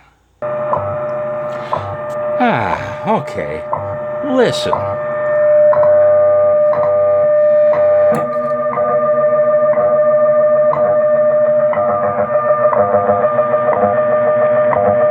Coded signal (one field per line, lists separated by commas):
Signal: radio time signal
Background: speech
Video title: Noob Tech 101: Beat It - Heathkit IB-1101 alignment via WWV - part 1 of 3